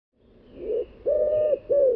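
Bird gives three hollow cooing notes, a softer first one followed by two louder, flat coos.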